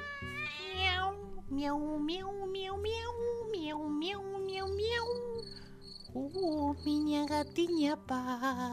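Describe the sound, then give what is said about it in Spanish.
A cat meows again and again in long, wavering, mid-pitched cries that rise and fall, over a steady high chirring like crickets and low droning tones underneath. “Miau.”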